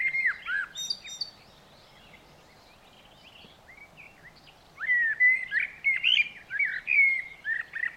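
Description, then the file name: Eurasian blackbird singing: a short fluted warbling phrase with thin high squeaks, a few seconds' pause, then a longer mellow phrase of whistled notes. "Turdus merula"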